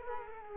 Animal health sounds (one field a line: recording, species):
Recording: mosquito wingbeat signal from an infrared sensor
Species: Culex quinquefasciatus